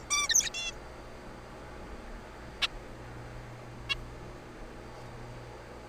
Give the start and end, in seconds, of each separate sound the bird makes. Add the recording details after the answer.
0.10-0.28, 0.29-0.50, 0.54-0.71, 2.62-2.67, 3.89-3.94. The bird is a juvenile. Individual R3428